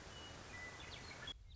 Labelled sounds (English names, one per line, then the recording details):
Western Meadowlark
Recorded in Sonoma County, California